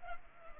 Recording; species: mosquito wingbeat signal from an infrared sensor; Culex pipiens